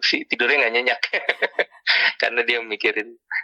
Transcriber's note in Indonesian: tertawa